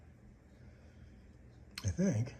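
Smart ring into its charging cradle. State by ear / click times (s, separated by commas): not seated / none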